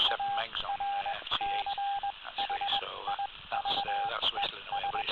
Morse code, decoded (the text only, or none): ARCHIVES